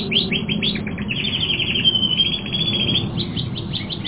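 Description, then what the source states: Canary song, a fast run of chirps and short trilled notes over a low background hum. More than one canary.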